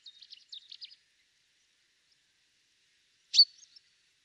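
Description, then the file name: Common chaffinch: a short burst of quick, high chirps in the first second, then one louder sharp note with a brief trailing twitter near the end. "Fringilla coelebs"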